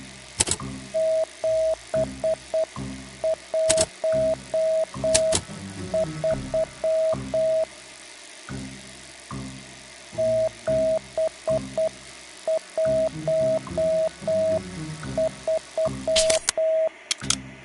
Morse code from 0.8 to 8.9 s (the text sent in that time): 713